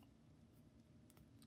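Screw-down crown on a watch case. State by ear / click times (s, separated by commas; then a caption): released / 1.1 s. The screw-down steel crown on the case of a Seiko Prospex Jaws 50th Anniversary Limited Edition King Turtle 200m Automatic SRPL81 dive watch is unscrewed with faint ticking. At 1.1 seconds it gives a sharp, definite click as it springs out to the pulled position, released.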